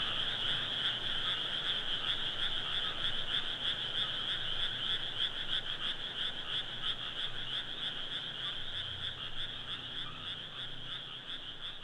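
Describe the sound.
Frogs croaking in a continuous chorus, evenly pulsed and slightly fading toward the end, with a faint low hum beneath.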